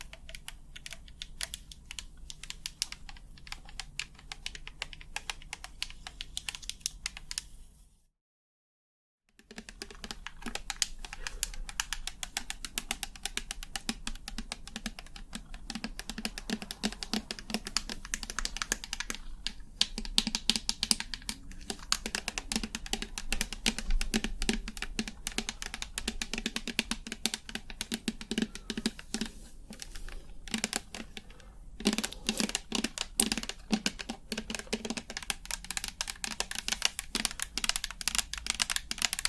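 Rapid tapping runs through the clip, dense and fairly even, like quick keystrokes, with crisp bright clicks over a low steady hum. Near eight seconds it stops dead for about a second of silence, then resumes. A brief lull also comes around 31 seconds.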